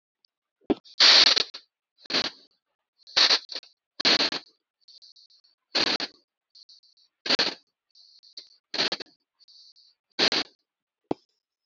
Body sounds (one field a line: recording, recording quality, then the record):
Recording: shallow breathing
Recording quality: moderate, slight background noise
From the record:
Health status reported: healthy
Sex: male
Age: 25 years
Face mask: not worn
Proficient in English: yes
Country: India